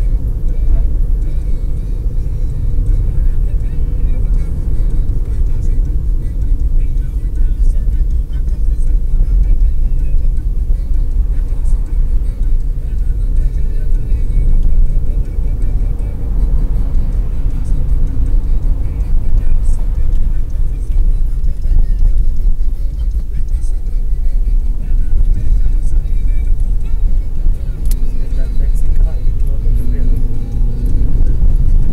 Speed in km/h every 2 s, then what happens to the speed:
59, 57, 59, 44, 38, 37, 40, 42, 46, 48, 39, 29, 31, 33, 39, 48.
4-9 brakes to 37. 9-19 speeds up to 48. 19-22 brakes to 29. 22-32 speeds up to 48.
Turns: none.